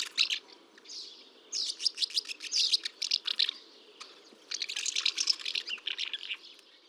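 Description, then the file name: Common house martin twittering, dry high chirps in quick bursts separated by short pauses. "Hirondelle de fenetre"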